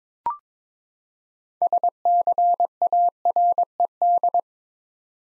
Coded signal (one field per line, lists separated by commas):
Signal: Morse code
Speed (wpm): 22 wpm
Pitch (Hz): 700 Hz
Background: none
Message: SCARED